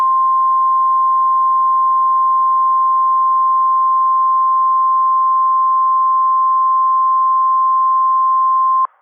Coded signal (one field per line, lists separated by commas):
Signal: Emergency Alert System (SAME) tones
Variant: 1050 Hz attention tone